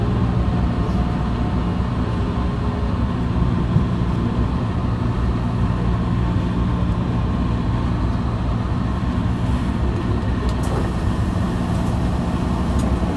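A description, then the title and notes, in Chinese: A commute on the Taipei MRT from Taipei Main Station, heard as a steady, dense rumble that holds at the same level throughout, with low droning tones underneath. Around eleven seconds a couple of brief, bright clicks or squeaks cut through. 從台北車站搭捷運上班。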